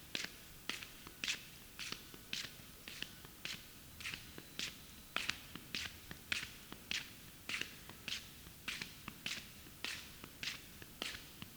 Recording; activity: daily activity, guitar pickup as the sensor; walk